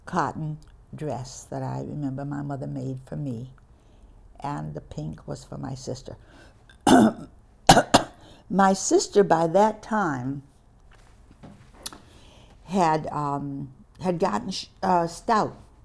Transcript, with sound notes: cotton dress that I remember my mother made for me, and the pink was for my sister. (coughing) My sister by that time had um, had gotten stout.